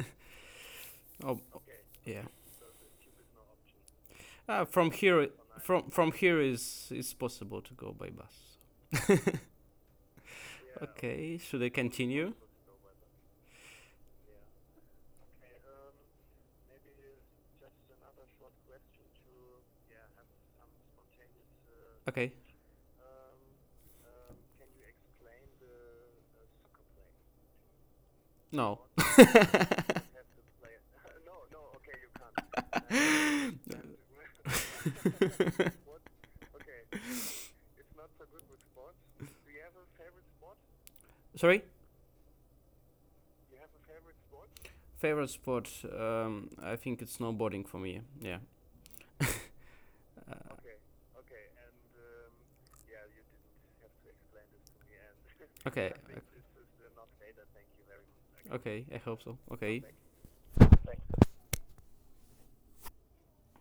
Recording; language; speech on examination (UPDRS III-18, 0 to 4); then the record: conversation on a phone call; English; 0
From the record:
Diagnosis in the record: healthy control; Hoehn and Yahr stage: 0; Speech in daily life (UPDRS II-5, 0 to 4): 0